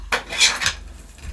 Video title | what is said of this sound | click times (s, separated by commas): Forging Soul AGS-06 Tank MECH! Metal parts! Clickity clackity! | which you know either way and then simply pop pops into place | 0.1 s